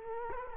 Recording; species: mosquito wingbeat signal from an infrared sensor; Culex quinquefasciatus